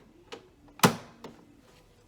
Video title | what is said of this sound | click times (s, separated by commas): Let's embroider a bib! | all right you heard that snap so i know that it's nice and secure | 0.8 s